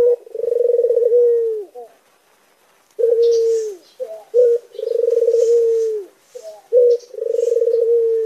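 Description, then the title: Barbary dove cooing: long rolling purring coos with short clipped notes between them, a pause midway, and faint high chirps in the background. Masteran of a white Barbary dove, used for teaching songbirds. "Kicau Mania Masteran Burung Puter Putih"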